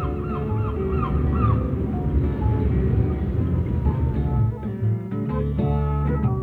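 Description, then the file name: Gulls giving a burst of harsh, arching calls in the opening seconds, then scattered shorter cries, all over a heavy, constant engine rumble from machinery or vehicles. Gulls on a refuse dump, recorded 9 April 2018 at 12:16. "Gulls on a Dump - 09 04 2018 12 16"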